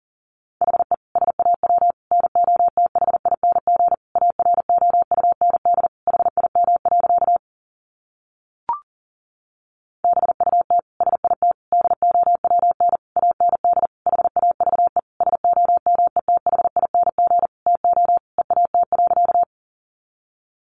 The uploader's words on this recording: Sentences from Top 600 Words 40wpm. First, the words are sent in Morse code.